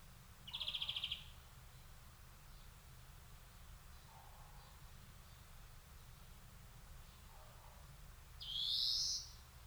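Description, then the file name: European greenfinch calls: one buzzy trill early, then a long pause, and a rising wheezy note near the end. "Chloris chloris"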